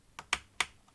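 Two captive screws on the right side of a Dell Inspiron 15 3515 laptop base are turned during a hinge repair using R-Kem 2 bonded anchor. They give sharp clicks at 0.3 s and 0.6 s, with a fainter tick before and after. The screws raise the corner of the bottom cover so it comes away and is released for opening.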